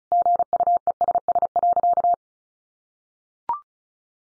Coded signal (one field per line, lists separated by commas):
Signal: Morse code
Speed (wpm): 34 wpm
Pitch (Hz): 700 Hz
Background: none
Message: GUESS.